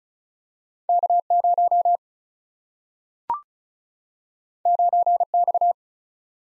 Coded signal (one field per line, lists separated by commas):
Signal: Morse code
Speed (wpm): 36 wpm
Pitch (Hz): 700 Hz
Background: none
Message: K0 9X